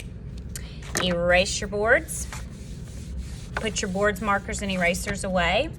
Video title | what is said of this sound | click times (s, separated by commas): Kindergarten Present Christmas Cards | all right we are finished go ahead and put your lid on your marker make sure you hear it snap | 0.6 s